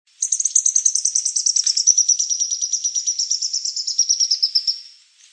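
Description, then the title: Grey-headed spinetail calling, a long, very high, rapid series of sharp notes, gently falling in pitch, lasting several seconds before stopping. Subspecies semicinerea. "LuckyPassaro Completos2Sama. Grey-headed Spinetail (Cranioleuca semicinerea semicinerea)"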